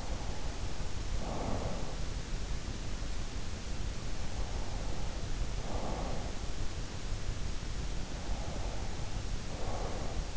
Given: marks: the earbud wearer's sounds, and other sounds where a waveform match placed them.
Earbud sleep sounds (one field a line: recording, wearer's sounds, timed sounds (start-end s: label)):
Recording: sounds in sleep by an in-ear microphone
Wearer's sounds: breath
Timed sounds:
0.00-2.12 s: breath
4.10-6.51 s: breath
8.08-10.37 s: breath